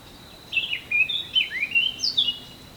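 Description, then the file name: Eurasian blackcap song: a brisk, varied warble of high twittering notes lasting about two seconds. "Sylvia atricapilla"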